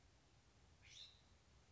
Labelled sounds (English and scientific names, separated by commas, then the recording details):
California Scrub-Jay (Aphelocoma californica)
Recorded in Sonoma County, California